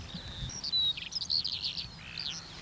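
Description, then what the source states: Eurasian skylark song: a stream of high chirps, trills and slurred whistles, over a low background rumble. Species typically sings continuously in song flight, beating its wings while spiralling upward, then gliding slowly back down into the grass; song heard all around.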